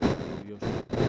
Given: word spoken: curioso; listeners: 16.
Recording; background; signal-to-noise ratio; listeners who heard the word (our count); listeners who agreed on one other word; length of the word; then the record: one Spanish word in noise, from a listening test; noise modulated by one talker; -11.1 dB; 0 of 16; 8 of 16; 0.68 s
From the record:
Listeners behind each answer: 8, 4, 2, 1, 1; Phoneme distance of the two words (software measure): 31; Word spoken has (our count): 3 syllables, 7 phonemes, stress on syllable 2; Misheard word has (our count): 4 syllables, 8 phonemes, stress on syllable 3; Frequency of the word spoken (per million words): 28.87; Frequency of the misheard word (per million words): 11.42